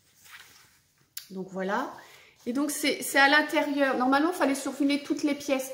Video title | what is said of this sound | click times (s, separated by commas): PODCAST N° 7 | du coup on entend bien le clic | 1.2 s